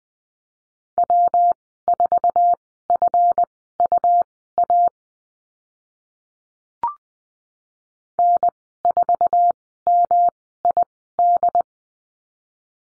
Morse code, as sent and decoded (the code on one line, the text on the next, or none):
.-- ....- ..-. ..- .- / -. ....- -- .. -..
W4FUA N4MID